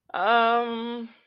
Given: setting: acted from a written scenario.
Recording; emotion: vocal sound without words; distress